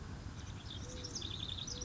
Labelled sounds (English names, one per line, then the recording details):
House Wren
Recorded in Sonoma County, California